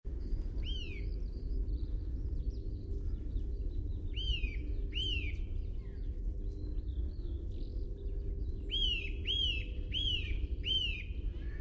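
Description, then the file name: Eurasian nuthatch calls: loud, clear rising-falling whistled notes, a single one, then a pair, then a rapid series of four, over steady low rumble. "Sitta europaea"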